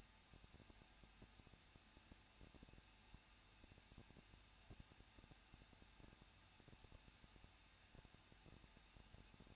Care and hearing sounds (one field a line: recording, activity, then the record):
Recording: daily activity, microphone in the room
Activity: no activity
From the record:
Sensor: 2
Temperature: 21.0 degrees Celsius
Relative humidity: 37.5%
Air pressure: 1006.3 hPa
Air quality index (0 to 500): 223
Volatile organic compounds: 25 ppm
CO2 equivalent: 2834 ppm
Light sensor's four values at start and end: 2/3/2/2 and 2/3/2/2